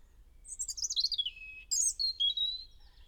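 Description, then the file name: European robin singing a descending run of sweet, falling notes, then after a brief gap a high burst and a lower drawn-out whistle that trails off. "Erithacus rubecula"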